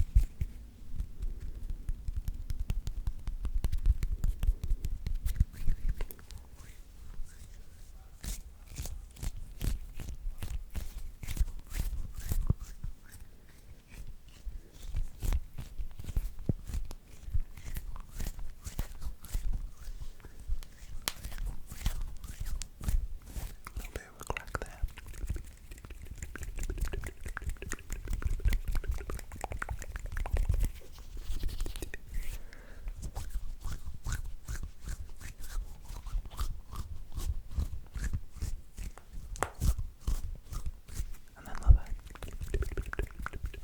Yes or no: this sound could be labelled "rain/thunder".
no